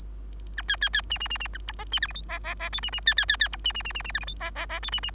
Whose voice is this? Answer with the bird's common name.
Bengalese Finch